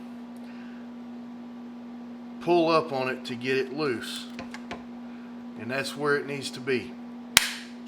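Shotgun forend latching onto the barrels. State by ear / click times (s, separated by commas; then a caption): seated / 7.4 s. A wooden forend is pushed back onto the barrels of a 103-year-old Hunter Arms Fulton side-by-side shotgun after its tension was repaired. Someone talks over a steady hum, with small ticks around 4.5 and 4.7 seconds. At 7.4 seconds the forend snaps sharply into place, seated nice and tight.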